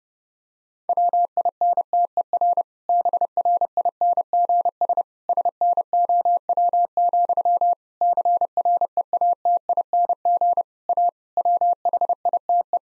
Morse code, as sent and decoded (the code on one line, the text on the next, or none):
.-- .. -. - . .-. / -... .-. .. -. --. ... / ... -. --- .-- --..-- / -.-. .-. . .- - .. -. --. / .- / .-- .... .. - .
WINTER BRINGS SNOW, CREATING A WHITE